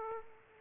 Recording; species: mosquito wingbeat signal from an infrared sensor; Aedes aegypti